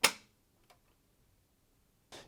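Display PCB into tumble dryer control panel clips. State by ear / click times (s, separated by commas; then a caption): seated / 0.0 s. A new plastic-mounted display circuit board is fitted under the clips on one side of a Hoover tumble dryer control panel and pushed down. It clicks into place with a sharp, loud snap at 0.0 s, followed by a faint tick near 0.7 s and a softer rustling burst near 2.1 s. The board is seated.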